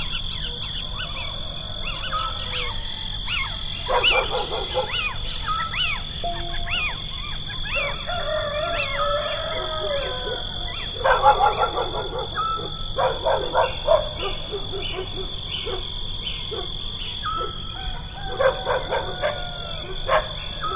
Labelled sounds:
Little Owl call

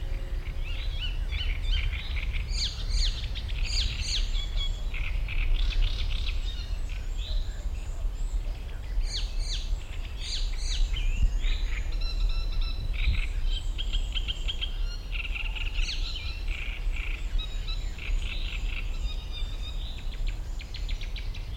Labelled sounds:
Great Reed Warbler

